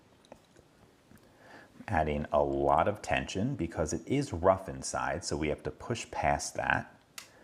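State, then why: Seated. A dimple lock is being picked with a custom dimple pick under heavy tension because it is rough inside, while someone talks. At 7.2 s the first outer pin of the dimple lock cylinder sets with a sharp click.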